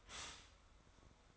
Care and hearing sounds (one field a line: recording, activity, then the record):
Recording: daily activity, microphone in the room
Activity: stop toaster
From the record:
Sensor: 3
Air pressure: 1014.7 hPa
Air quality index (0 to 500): 202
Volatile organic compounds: 27 ppm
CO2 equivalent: 2890 ppm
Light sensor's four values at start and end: 4/10/3/4 and 4/10/3/4